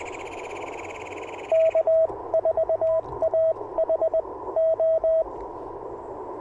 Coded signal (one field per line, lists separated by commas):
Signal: Morse code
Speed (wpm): 21 wpm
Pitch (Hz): 650 Hz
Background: radio noise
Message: K 4 A H O